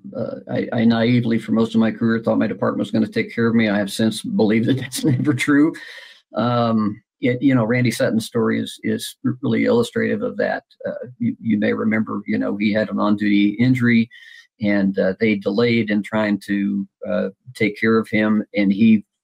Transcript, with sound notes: I naively for most of my career thought my department was gonna take care of me. I have since believed that that's never true. (laughs) Um, yet, you know, Randy Sutton's story is, is really illustrative of that. Uh, y- you may remember, you know, he had an on-duty injury and, uh, they delayed in trying to, uh, take care of him